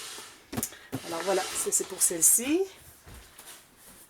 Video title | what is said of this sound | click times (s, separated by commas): (fr) scrapbooking : Albums a vendre, Été 2021, partie 4 de 5 - Les grands projets en-boite . | Ça ferme avec des aimants. Vous entendez? Clic. Voilà. | 0.6 s